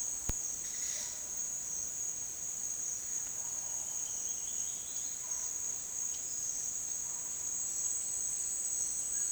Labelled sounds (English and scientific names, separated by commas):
none